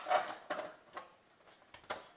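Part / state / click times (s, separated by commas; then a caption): stand/base into monitor / not seated / none. A plastic stand or base is being fitted onto a new 24-inch PC monitor, handled and pressed into position with short knocks and clatters around 0.5, 1.0, 1.7 and 1.9 seconds. Nothing has seated or clicked yet; the stand is not yet home.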